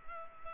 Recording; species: mosquito wingbeat signal from an infrared sensor; Culex pipiens